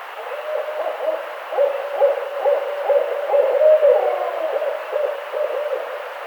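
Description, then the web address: Barred owl calling in a long run of low, throbbing hoots, louder in the middle, with a sliding note partway through. Recorded on 18 April 2009. "Barred Owl 2009 04 18 Barred Owl 01"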